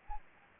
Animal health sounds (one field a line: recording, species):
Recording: mosquito wingbeat signal from an infrared sensor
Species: Anopheles gambiae